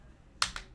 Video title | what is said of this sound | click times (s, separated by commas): Vandy Vape Kylin M AIO ~ DC Vape Rally | and then just snap it into place | 0.4 s